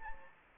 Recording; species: mosquito wingbeat signal from an infrared sensor; Anopheles gambiae